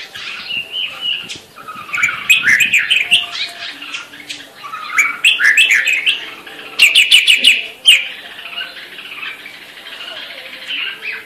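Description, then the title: Grey-cheeked bulbul giving busy, scratchy chattering calls mixed with brief whistled notes, in several loud bursts over a constant faint hum. Female bird. "Cucak Jenggot Betina"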